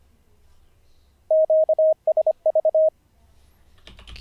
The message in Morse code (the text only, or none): QSV